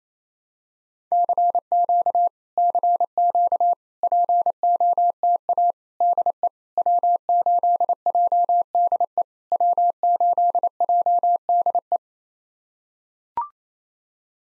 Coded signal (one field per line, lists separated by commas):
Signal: Morse code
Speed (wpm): 28 wpm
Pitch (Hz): 700 Hz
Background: none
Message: CQ CQ POTA DE W8JDE W8JDE